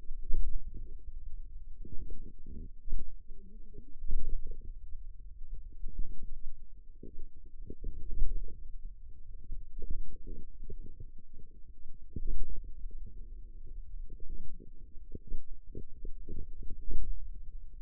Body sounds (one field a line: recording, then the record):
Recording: forearm muscle sounds (acoustic myography)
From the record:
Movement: pen grasping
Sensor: system 2, bracelet of six BSWA MPA416 microphones around the upper forearm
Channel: 5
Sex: female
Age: 21 years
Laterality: right